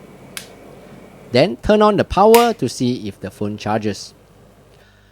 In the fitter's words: in the charger fully until you hear a click sound.